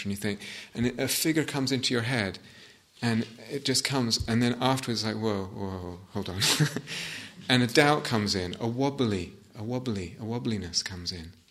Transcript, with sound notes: And you think, and a figure comes into your head, and it just comes, and then afterwards, it's like, "Whoa! Whoa, hold on." [laughs] And a doubt comes in, a wobbly, a wobbliness comes in.